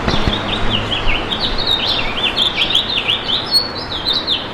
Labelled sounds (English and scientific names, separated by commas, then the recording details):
House Finch (Haemorhous mexicanus) song
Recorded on Long Island, New York, on 7 June 2012
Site GP
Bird A